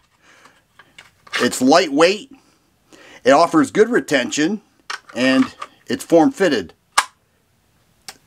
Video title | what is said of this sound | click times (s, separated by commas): How Much Carrying a Gun Costs? | the firearm snaps right into place and it's not going anywhere | 7.0 s